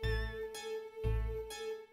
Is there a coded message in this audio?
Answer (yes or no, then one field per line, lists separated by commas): no